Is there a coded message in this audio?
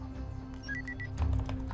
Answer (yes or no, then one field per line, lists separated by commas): no